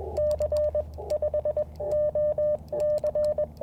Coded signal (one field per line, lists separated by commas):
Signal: Morse code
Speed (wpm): 21 wpm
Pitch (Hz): 600 Hz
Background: radio noise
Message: C5OC